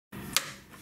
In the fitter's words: printhead shaft should always make a satisfying click when seeding into the sliding block now